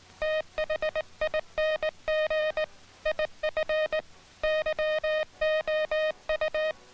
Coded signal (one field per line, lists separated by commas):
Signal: Morse code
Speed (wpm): 19 wpm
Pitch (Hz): 620 Hz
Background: music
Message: THING IF YOU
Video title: HOW IT WORKS Morse Code